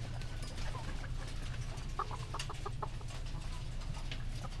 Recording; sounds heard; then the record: poultry house recording; healthy chickens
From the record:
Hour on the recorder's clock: 19